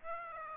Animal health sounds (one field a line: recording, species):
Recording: mosquito wingbeat signal from an infrared sensor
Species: Aedes aegypti